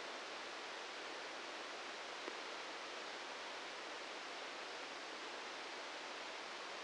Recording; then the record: brain microelectrode recording played as sound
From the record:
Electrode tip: outside the subthalamic nucleus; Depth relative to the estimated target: -3 mm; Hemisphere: right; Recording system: NeuroSet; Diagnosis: Parkinson's disease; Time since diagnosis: 13 years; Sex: male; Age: 63 years